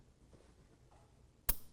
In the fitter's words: You'll hear a nice click.